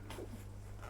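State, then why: Not seated. A small plastic clip of a Ruroc EOX motorcycle helmet's interior liner is being handled and aimed at its matching hole in the helmet shell, which must be lined up carefully or it won't work. Two brief handling noises come at about 0.1 and 0.8 seconds over a steady low hum. Nothing has seated or clicked yet.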